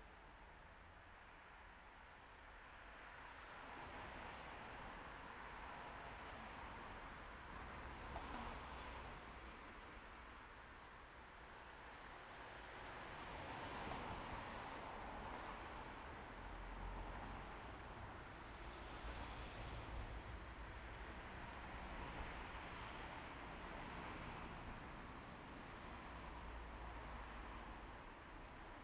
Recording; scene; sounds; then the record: everyday scene through a hearing-aid microphone; in traffic; traffic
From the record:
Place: main road on the outskirts, rush hour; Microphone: behind the ear, left, front